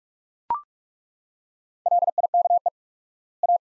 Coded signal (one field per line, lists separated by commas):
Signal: Morse code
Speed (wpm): 42 wpm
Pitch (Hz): 700 Hz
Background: none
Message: LIKE A